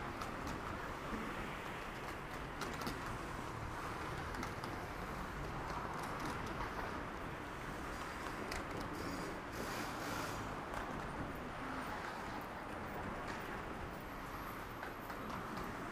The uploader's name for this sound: Akihabara,daytime